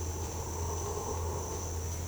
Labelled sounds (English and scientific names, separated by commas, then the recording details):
none
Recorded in dense forest near Puerto Asís, Putumayo, Colombia, on 22 December 2024 at 07:30
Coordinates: 0.481, -76.323
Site G100